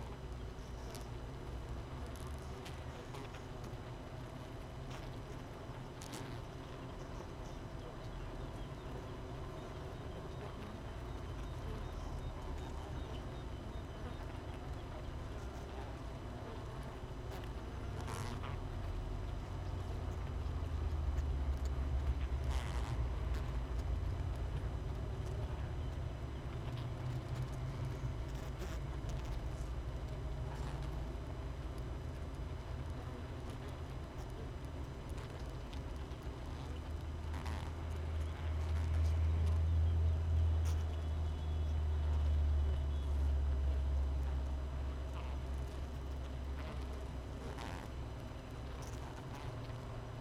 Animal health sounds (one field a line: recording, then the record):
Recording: honeybee colony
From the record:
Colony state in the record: missing queen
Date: 31 May 2018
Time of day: 5:51